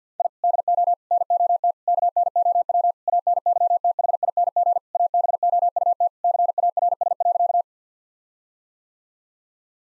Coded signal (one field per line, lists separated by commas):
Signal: Morse code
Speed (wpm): 50 wpm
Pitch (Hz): 700 Hz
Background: none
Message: I DO NOT KNOW ANYTHING ABOUT CARS.